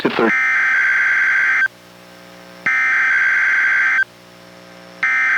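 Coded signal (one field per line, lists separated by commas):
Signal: Emergency Alert System (SAME) tones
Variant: header bursts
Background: speech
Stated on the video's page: Weekly test relayed by NOAA Weather Radio KEC91, recorded from a Reecom R-1630 weather radio through a Zoom H1 recorder.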